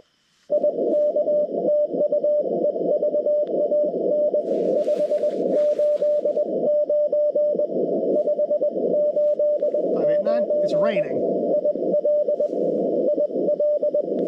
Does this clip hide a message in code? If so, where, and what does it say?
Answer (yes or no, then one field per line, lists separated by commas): yes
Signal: Morse code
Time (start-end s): 0.5-14.0 s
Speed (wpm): 22 wpm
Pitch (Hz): 600 Hz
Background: speech, radio noise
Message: IK TU EVAN 589 589 IL IL